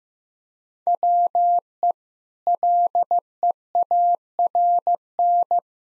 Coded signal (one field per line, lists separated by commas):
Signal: Morse code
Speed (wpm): 15 wpm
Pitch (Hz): 700 Hz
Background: none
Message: WE LEARN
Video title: Easy Sentences with Hints - 15wpm